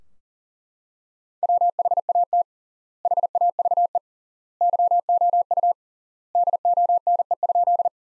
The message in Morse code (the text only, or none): WHAT HAVE YOU DONE?